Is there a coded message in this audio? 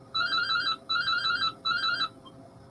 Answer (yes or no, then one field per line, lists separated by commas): no